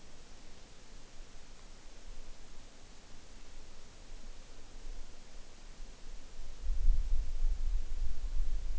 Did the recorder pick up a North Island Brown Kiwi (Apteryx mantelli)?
no